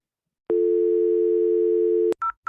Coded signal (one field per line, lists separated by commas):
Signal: telephone call progress tone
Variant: North America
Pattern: dial tone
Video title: Day-15 Internship Training w.e.f. 26.07.21: IP Phone